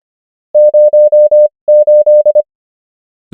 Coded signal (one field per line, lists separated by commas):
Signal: Morse code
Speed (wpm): 25 wpm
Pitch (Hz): 600 Hz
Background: none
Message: 08